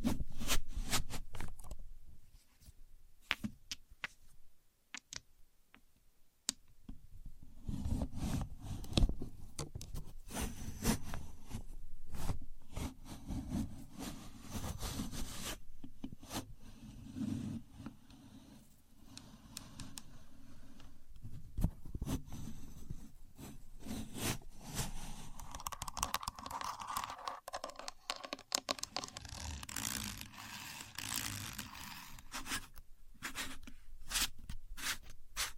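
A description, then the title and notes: A contour gauge is handled without speech, its pins giving off sharp clicks and rattles. The first few seconds bring scattered taps, then a steady low rumble joins dense, irregular clicking. Toward the end a brighter scraping rustle rises among quick ticks. Using A Contour Gauge (No Talking).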